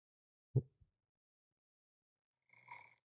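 A sharp, low snort with a brief follow-on, then a rougher, buzzing breath sound: an adult man snoring during night-time sleep.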